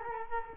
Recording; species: mosquito wingbeat signal from an infrared sensor; Culex quinquefasciatus